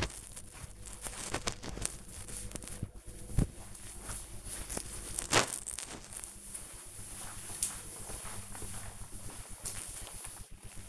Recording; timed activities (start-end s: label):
household activities, microphone on the right wrist
9.50-10.89 s: vacuum cleaning